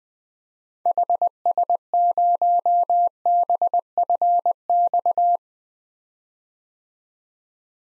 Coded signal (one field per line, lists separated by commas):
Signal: Morse code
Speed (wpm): 20 wpm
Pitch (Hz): 700 Hz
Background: none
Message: HS0BFX